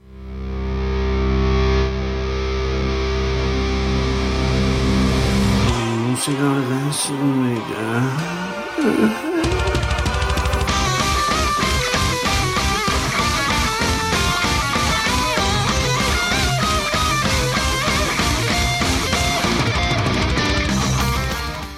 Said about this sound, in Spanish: Pues primera sección, música orgásmica del ayer y del hoy, primera vez que suena la nueva sintonía.